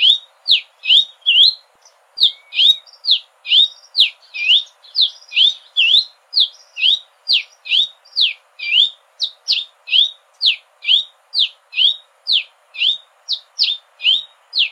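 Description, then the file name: Red-capped cardinal, song of crisp, slurred whistles repeated rapidly, about two per second, running nearly fifteen seconds. "canto do cardeal da amazonia"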